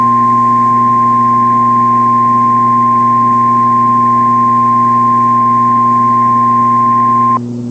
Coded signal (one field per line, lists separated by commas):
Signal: Emergency Alert System (SAME) tones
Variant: 853 and 960 Hz attention tone